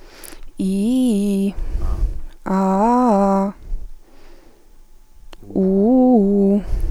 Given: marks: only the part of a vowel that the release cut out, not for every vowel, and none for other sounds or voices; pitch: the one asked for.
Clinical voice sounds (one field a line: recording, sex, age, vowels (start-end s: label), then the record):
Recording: sustained vowels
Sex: female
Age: 18 to 19 years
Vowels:
0.65-1.45 s: vowel /i/, low-high-low pitch
2.54-3.41 s: vowel /a/, low-high-low pitch
5.62-6.53 s: vowel /u/, low-high-low pitch
From the record:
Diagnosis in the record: healthy voice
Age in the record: 19 years